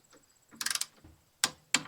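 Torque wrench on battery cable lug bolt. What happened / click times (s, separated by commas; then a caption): The torque wrench clicked at its setting / 1.4 s. A torque wrench set to 4.2 ft-lb tightens the second battery cable lug bolt while installing BLUETTI EP800 and B500 batteries. A quick run of ratcheting ticks sounds around 0.6–0.8 s. The wrench then gives a sharp click at 1.4 s as it reaches its setting, followed by another sharp click at 1.8 s.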